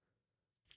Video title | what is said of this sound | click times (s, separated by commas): Blade Talk Daily ep. 018 (8am CST -06:00GMT) How to tune your knife, recent knife drops, random. | All right, there we go. So now the spring is locked in place. | 0.7 s